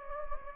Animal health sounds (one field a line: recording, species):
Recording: mosquito wingbeat signal from an infrared sensor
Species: Anopheles gambiae